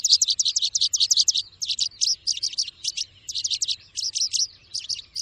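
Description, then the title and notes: Bird chirping, high and rapid, in nearly continuous runs of sharp notes with only brief breaks. Bird ringtone, described as having a melodious voice. "Burung Dengan Suara Merdu"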